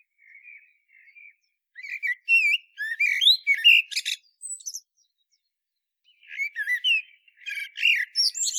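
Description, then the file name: Common blackbird song in two bursts, each a run of looping fluted notes ending in strained, high squeaks, with quiet warbling before and between. "Turdus merula"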